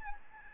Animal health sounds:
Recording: mosquito wingbeat signal from an infrared sensor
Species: Aedes albopictus

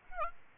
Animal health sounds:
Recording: mosquito wingbeat signal from an infrared sensor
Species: Aedes aegypti

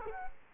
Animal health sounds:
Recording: mosquito wingbeat signal from an infrared sensor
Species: Culex quinquefasciatus

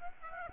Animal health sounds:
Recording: mosquito wingbeat signal from an infrared sensor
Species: Aedes aegypti

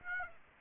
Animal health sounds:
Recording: mosquito wingbeat signal from an infrared sensor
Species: Aedes aegypti

